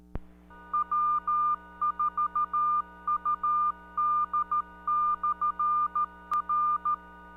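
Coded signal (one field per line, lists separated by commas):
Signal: Morse code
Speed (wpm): 13 wpm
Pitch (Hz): 1200 Hz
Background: none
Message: W4UD/R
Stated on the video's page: CW on a 2 meter net held on the 146.670 repeater in Bristol, TN; a last call for a deceased member.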